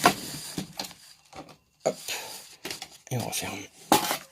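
On an Agfa Billy Record folding film camera, the film spool holder is handled as it is being pushed back into the camera body while someone talks, with a few short handling taps around 0.1, 0.8, 2.7, 2.8 and 3.9 seconds. Nothing has seated or clicked yet.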